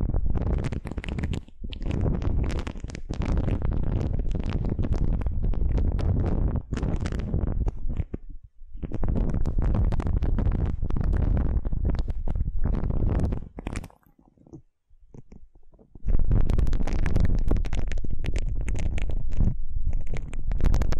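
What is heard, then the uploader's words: Aloe gel ear massage: dense, muffled squelching and rubbing that runs nearly continuously, with brief quiet gaps near 8 seconds and 14–16 seconds. ASMR Aloe Gel Ear Massage for Pure Relaxation (No Talking).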